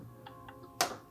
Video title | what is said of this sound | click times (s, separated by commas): Spigen Ultra Hybrid (MagFit) Designed for iPhone 14 Pro Case (2022) - Zero One- IS THIS DOPE? | that's a satisfying snap | 0.8 s